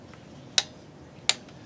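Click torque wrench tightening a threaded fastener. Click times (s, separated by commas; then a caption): 0.6 s, 1.3 s. A Tekton 24335 1/2 in. drive click-type torque wrench tightens a threaded fastener, with faint quieter ratchet ticks between two loud, sharp clicks at 0.6 s and 1.3 s. Each click means the wrench has reached its set torque, so the right torque has been reached.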